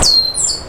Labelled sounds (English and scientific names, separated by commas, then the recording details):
Stitchbird (Notiomystis cincta) song
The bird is a male
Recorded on Tiritiri Matangi Island, New Zealand, in 2005
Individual 12, of nest box 16